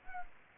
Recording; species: mosquito wingbeat signal from an infrared sensor; Anopheles gambiae